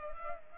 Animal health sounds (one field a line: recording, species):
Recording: mosquito wingbeat signal from an infrared sensor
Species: Culex pipiens